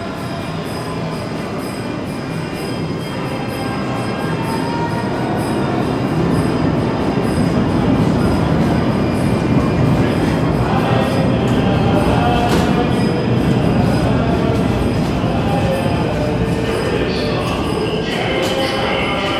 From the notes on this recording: Buried beneath Manhattan, the echoes of hundreds of passengers mingle with subway cars and a group of four men